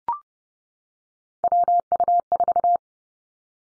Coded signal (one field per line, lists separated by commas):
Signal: Morse code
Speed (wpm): 30 wpm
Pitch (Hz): 700 Hz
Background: none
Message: WU4